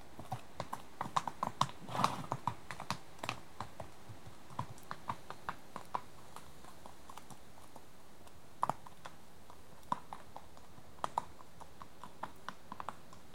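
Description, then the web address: Horse hooves clopping in an uneven rhythm, sharp knocks roughly twice a second with a short cluster of louder strikes early on, over a steady background hiss. "The BBC Sound Effects Library. Horses"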